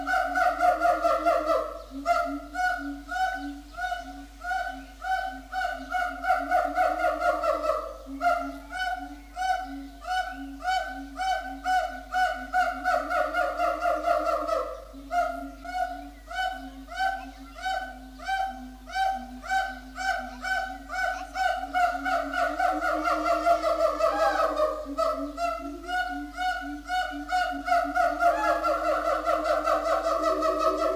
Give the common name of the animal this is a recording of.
Siamang